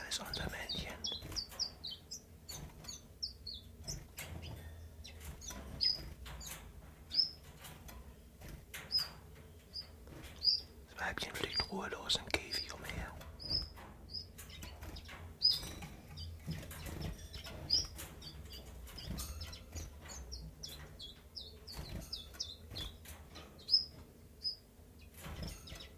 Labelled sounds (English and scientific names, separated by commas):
Common Chiffchaff (Phylloscopus collybita)